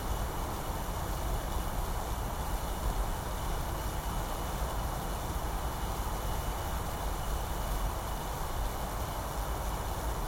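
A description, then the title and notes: A wet power pylon gives off a steady, dense crackling hiss that holds at the same level for the whole ten seconds. Thin, constant high whines run through the fizz, over a low rumbling drone, with no distinct events or breaks. Wet Pylon. Baglan, February 2020. Recorded using the Sennheiser AMBEO Smart Headset.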